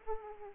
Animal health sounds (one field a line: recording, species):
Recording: mosquito wingbeat signal from an infrared sensor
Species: Aedes aegypti